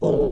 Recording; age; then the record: pig call; piglet (1 to 25 days)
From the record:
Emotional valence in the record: negative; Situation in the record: long isolation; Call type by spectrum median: low-frequency call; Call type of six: low-frequency modulated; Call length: 0.32 s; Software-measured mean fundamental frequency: 67 Hz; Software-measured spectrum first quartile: 234 Hz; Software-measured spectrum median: 399 Hz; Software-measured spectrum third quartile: 489 Hz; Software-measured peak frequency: 434 Hz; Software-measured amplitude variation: 109 dB a second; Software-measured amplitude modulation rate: 18.6 a second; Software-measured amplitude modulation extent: 5.9 dB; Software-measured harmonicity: 3.6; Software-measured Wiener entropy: -1.00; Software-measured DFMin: 1669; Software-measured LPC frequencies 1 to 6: 448, 3177, 3731, 5532, 6084, 7442 Hz